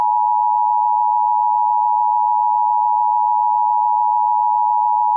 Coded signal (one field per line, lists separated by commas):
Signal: Emergency Alert System (SAME) tones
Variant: 853 and 960 Hz attention tone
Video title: (Re-upload) EAS Scenario #2: SK-Class